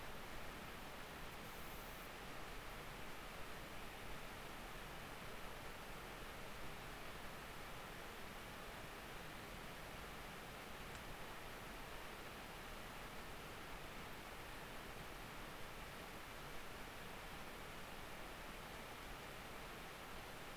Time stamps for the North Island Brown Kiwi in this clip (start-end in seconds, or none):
none